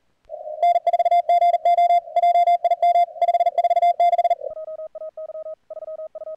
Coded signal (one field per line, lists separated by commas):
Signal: Morse code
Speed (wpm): 41 wpm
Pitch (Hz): 690 Hz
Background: radio noise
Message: N4GO JIM 546